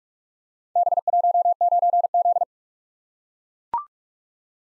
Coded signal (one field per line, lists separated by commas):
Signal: Morse code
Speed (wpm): 43 wpm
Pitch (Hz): 700 Hz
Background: none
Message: B19Z